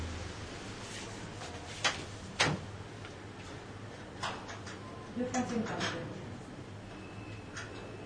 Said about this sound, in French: Je ferme la porte parce que le chauffage, il s'en va dans les escaliers.